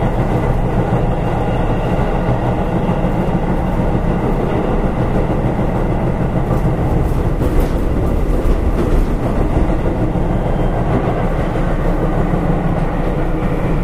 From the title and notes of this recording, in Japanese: 京阪5000系 準急 京橋から枚方市まで。京阪電気鉄道5000系電車の走行音です。京阪本線の準急列車で録音しました。